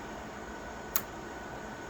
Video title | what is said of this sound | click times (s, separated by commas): Attawapiskat - Fiber and SFP Replacement | a little click once you know once you | 1.0 s